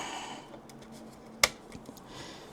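A small graphics card is pushed into the slot and lock of an AooStar AG02 eGPU dock, a tight fit. One loud, sharp click at 1.4 s marks the card locking into place, followed by a few faint soft taps over a low background hiss.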